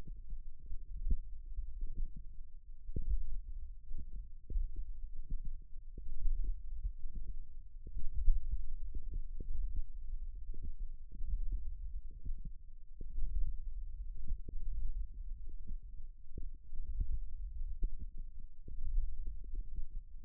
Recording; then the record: forearm muscle sounds (acoustic myography)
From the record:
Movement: hook grip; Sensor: system 1, eight BSWA MPA416 microphones around the upper forearm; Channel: 6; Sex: female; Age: 21 years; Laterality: right